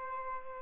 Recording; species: mosquito wingbeat signal from an infrared sensor; Aedes albopictus